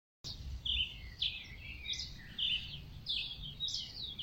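Bird chirping: several short, high, slurred chirps in a steady series over a low background rumble.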